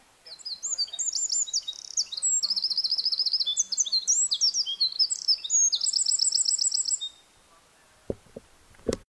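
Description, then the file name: Eurasian wren singing a long, high-pitched run of rapid trills and twittering notes for about seven seconds, followed by a few clicks. "Troglodytes troglodytes"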